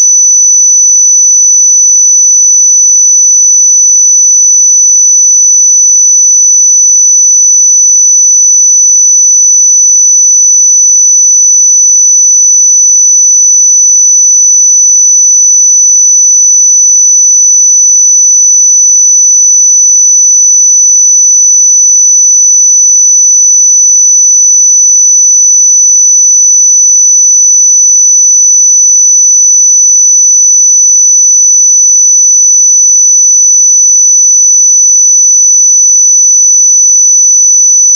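A pure sine tone at 5983 Hz sounds without a break for the whole clip. The high, thin whistle holds perfectly steady in pitch and loudness, with nothing else audible behind it. Near the very end it stops abruptly.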